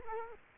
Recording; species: mosquito wingbeat signal from an infrared sensor; Culex quinquefasciatus